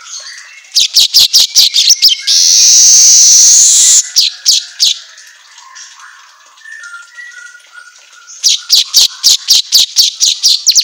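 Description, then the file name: Asian golden weaver song: quick bursts of sharp chips, a long harsh sizzling buzz, soft warbling, then another rapid run of chips. Made for training songbirds; 'auto gacor' style to set caged birds singing. "Suara Kicau Manyar Kepala Emas Auto Gacor"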